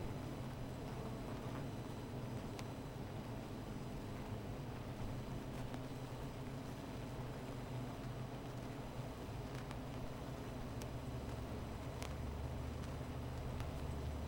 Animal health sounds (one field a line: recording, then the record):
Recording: honeybee colony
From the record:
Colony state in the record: missing queen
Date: 14 July 2017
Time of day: 15:51